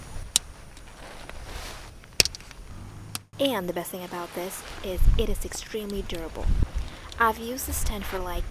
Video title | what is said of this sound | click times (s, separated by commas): SOLO OVERNIGHT CAMPING IN THE RAIN - MY CAMPING SETUP and EQUIPMENTS - ASMR | also find these hooks very convenient and they make this very satisfying click when you hook them up to the pole | 0.4 s, 2.2 s